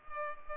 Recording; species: mosquito wingbeat signal from an infrared sensor; Culex pipiens